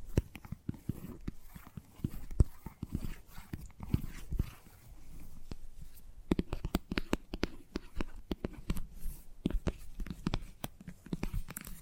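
Gentle tapping runs throughout in quick, irregular clusters of short, soft knocks, mostly low and dull with occasional brighter clicks. A sharper tap stands out near two and a half seconds, and a brief quieter stretch sits around five to six seconds.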